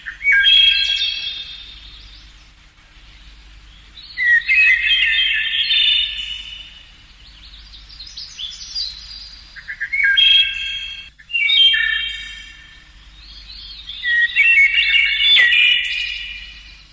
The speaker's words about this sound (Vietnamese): Một con họa mi tập hót, cất giọng hót những tiếng véo von vang lên trong khu vườn yên tĩnh.